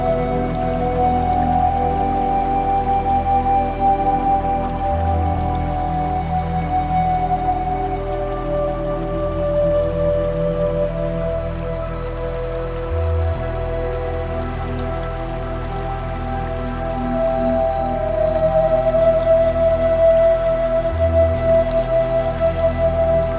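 Meditation music with nature sounds: soft sustained tones hold low and mid pitches, with a faint melody line gliding slowly above. A steady patter like light rain or dripping water runs throughout, and the low drone shifts pitch briefly around 5, 13 and 21 seconds.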